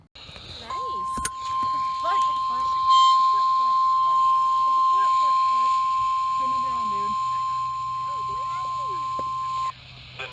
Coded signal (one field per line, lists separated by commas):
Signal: Emergency Alert System (SAME) tones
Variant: 1050 Hz attention tone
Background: speech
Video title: The Severe Weather Curse - EAS Alerts from my vacation [EAS #166-179]